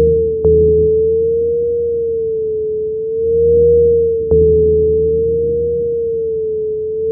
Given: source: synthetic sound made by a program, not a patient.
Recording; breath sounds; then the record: synthetic breath sounds; monophonic wheeze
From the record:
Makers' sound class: wheeze